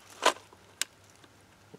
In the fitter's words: you'll hear good click there now